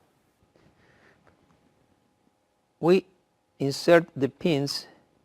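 Paper pins are being handled at the chin rest of an ophthalmic biometer, where they will hold a schematic eye. Faint, soft handling ticks are heard during the first two seconds, then someone talks. Nothing has seated or clicked yet.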